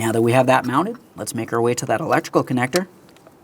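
A man talks for most of the clip while handling the plastic wiring harness connector for the distributor on a 1999-2006 Chevrolet Silverado 1500 4.3L V6, with a few faint ticks near 3.1, 3.2 and 3.3 seconds. The connector has not clicked in yet; nothing has seated.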